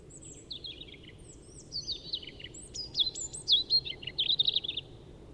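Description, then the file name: European robin song. Delicate high twitters build into a louder, rapid series of trilled notes and thin downslurred whistles that warble on to the end. "Erithacus rubecula"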